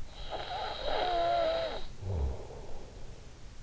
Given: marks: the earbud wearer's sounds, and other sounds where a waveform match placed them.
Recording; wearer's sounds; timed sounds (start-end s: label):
sounds in sleep by an in-ear microphone; snoring breath
0.06-3.20 s: snoring breath